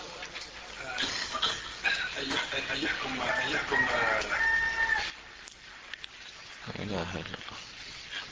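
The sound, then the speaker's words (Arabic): A person imitates a rooster's crow, one long, loud cock-a-doodle-doo with a rising then wavering pitch, followed by a quieter stretch and a short low voiced sound. “هذه حكاية صياح ديك، وحكاية صياح الديك لا أظن أنه يصح الدعاء عندها”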